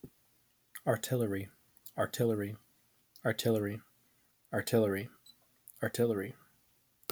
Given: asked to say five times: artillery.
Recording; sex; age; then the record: repeated word; male; 20 to 29 years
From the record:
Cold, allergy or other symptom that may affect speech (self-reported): no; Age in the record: 25 years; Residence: North Carolina, United States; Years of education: 20